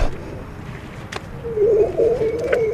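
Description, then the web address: Grey seal moaning call: a brief wavering, warbling tone starting partway through, steady at a mid pitch, over a low rumbling background. "gray seal"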